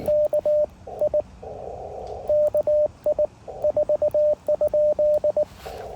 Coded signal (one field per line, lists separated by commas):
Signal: Morse code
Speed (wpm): 18 wpm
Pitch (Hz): 590 Hz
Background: radio noise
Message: K I KI 4?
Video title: W3GTR Takes the One Pound POTA Challenge